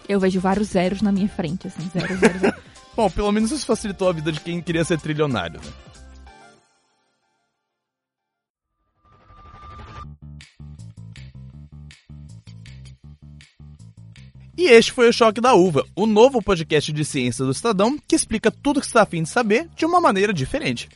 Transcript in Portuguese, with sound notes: Eu vejo vários zeros na minha frente. (risos)
Bom, pelo menos facilitou a vida para quem queria ser trilionário, né? E este foi o Choque da Uva, o novo podcast de ciência que explica tudo o que você está a fim de saber de uma maneira diferente.